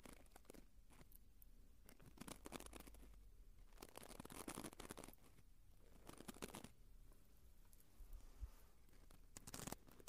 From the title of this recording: Naturally Cleaning Your Ears